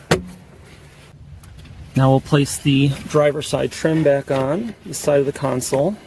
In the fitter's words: This simply snaps in place.